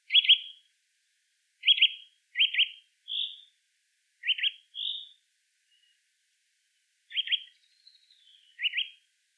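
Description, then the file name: Eurasian nuthatch giving short, sharp doubled chips at irregular intervals, with a few softer single notes between them; otherwise quiet. "Sitta europaea"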